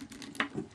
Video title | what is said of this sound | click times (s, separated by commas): D-Arts Wargreymon Review | until tell you hear clicking or feel it depends yeah that's in there that's in there nicely | 0.4 s